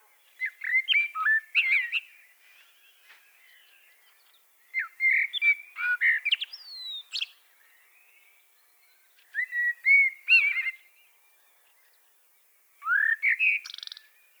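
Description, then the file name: Common blackbird song of four separate warbled phrases spaced a few seconds apart, rich whistles mixed with thin high squeaks and chatter. "Turdus merula"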